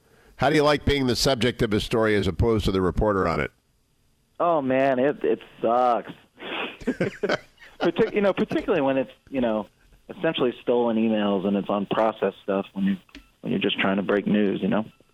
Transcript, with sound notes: How do you like being the subject of a story as opposed to the reporter on it?
Oh, man, it sucks. (laughing) …you know, particularly when it’s, you know, essentially stolen emails and it’s on process stuff and you’re just trying to break news, you know?